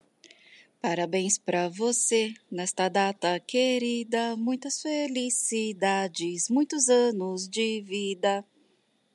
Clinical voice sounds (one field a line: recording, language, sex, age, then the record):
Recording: short text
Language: Brazilian Portuguese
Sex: female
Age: 30 to 39 years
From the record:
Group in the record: control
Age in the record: 38 years